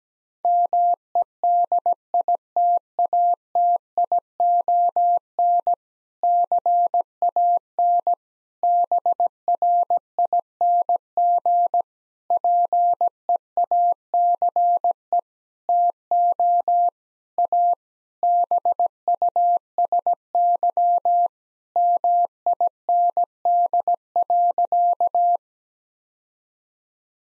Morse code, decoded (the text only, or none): MEDITATION CAN BRING PEACE TO A BUSY MIND.